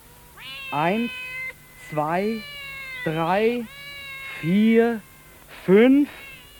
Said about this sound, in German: Mensch, was ist da denn los? Nun guck dir das mal an. Eine Katzenversammlung. Eine richtige Versammlung.